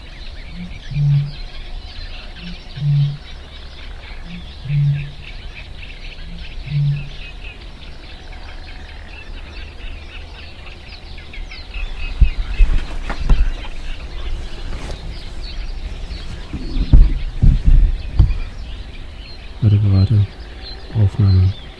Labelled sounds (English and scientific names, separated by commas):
Great Bittern (Botaurus stellaris)